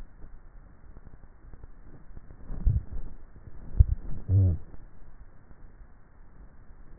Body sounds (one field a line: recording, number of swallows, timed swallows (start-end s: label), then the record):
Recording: swallowing sounds by neck microphone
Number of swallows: 2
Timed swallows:
2.35-2.98 s: swallow
3.55-4.02 s: swallow
From the record:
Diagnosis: dysphagia